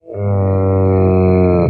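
Camel giving a single deep, steady moaning call that holds an even low pitch for about one and a half seconds before stopping abruptly.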